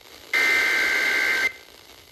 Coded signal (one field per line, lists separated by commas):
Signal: Emergency Alert System (SAME) tones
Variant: header bursts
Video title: (EAS #1366) Severe Thunderstorm Warning WRBK 90.3 FM 7/27/26